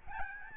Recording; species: mosquito wingbeat signal from an infrared sensor; Aedes albopictus